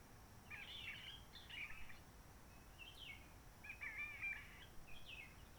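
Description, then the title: Réunion bulbul song: a busy scratchy phrase, a short slurred note, then a second chattering phrase and a brief closing note. Roche Merveilleuse, Réunion; forest quiet since the 19 March 2020 lockdown, no people, microlights or helicopters; sunny blue sky; birds not very active; sings simpler short phrases, adapted to noise pollution. "Roche Merveilleuse, Réunion - Merle de lîle de la Réunion."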